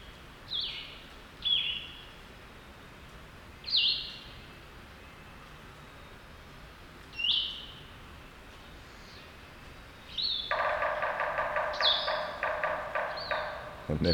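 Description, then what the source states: Blue-headed Vireo song: spaced, slurred whistled phrases separated by pauses, then a loud, rapid harsh rattle covers the end. Singing in deep woods at Connecticut Hill Wildlife Management Area, April 28.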